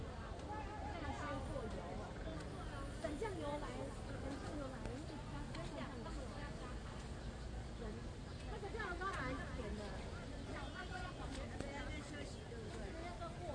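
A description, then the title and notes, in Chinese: A busy street market in Taipei, filled with many overlapping voices talking at once. The crowd murmur stays dense and steady throughout, over a low rumble, with occasional sharp clatters and brief raised voices cutting through. 台北雙連市集。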